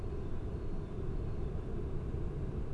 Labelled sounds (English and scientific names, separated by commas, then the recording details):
Great Tit (Parus major)
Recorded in Germany
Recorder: ecoPi